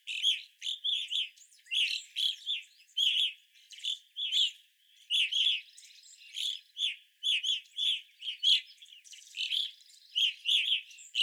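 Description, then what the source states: Evening grosbeak flock with dense overlapping chirped calls, tumbling in irregular clusters across the whole stretch. Several birds, recorded 25 April 2021.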